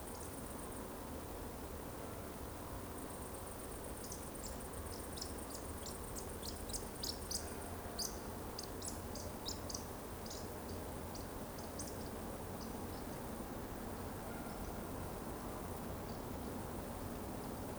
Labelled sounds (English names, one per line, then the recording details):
Eurasian Woodcock whistle
Eurasian Woodcock chase call
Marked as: whistle, chase, whistle, whistle
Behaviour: display flight
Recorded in Baden-Württemberg, Germany, on 23 June 2020 at 20:34 UTC
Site 14569, 102 m above sea level